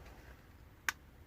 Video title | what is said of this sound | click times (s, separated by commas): Transformers Studio series 86 Leader Class Grimlock with wheelie review | and uh the other thing for his arms go ahead and bring him down and it'll click into place | 0.9 s